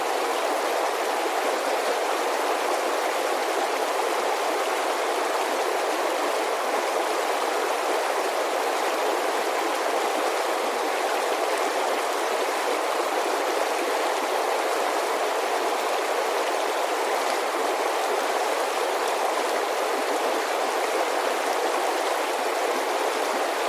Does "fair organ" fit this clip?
no